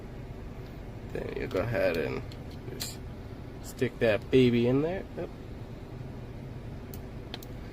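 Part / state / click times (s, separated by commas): memory card into dash camera card slot / seated / 7.3 s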